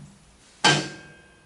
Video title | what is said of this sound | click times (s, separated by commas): JOHN DEERE A CLUTCH FIX | you hear that that thing clicked in beautifully | 0.6 s